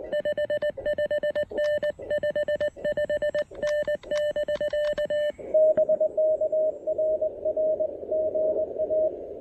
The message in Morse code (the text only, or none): 55N 55N <BK> BK RR GA